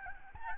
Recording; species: mosquito wingbeat signal from an infrared sensor; Aedes albopictus